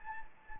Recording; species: mosquito wingbeat signal from an infrared sensor; Anopheles gambiae